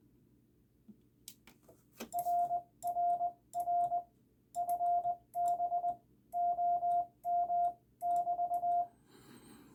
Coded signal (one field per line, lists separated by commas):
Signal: Morse code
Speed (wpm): 20 wpm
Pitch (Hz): 700 Hz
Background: radio noise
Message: RRR FB OM<BT>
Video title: Help for the Terrified New CW Op